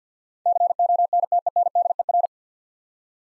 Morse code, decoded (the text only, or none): CONTENDER